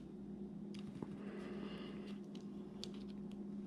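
A small metal E-clip is being handled and pushed toward the groove of a shaft while reassembling a Shimano Curado SLX DC 151 XG baitcasting fishing reel. Faint handling ticks and scrapes sit over a steady low hum, with one brief sharp tick near 2.8 s. The clip has not snapped into its groove yet, and nothing has seated.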